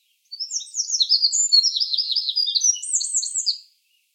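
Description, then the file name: Eurasian wren song, one energetic phrase of about three seconds: rapid, very high twittering notes and trills, with quiet before and after. "Troglodytes troglodytes"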